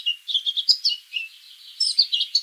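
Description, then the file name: Eurasian blackcap song, a busy, varied warble of squeaky and chattering notes with a short pause in the middle. "Sylvia atricapilla"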